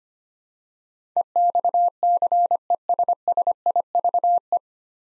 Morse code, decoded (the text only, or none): EXCESSIVE